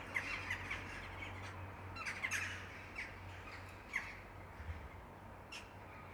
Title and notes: untitled [Jackdaws, mainly]. the jackdaws were so good this afternoon. this territorial racket any day i'm around near sunset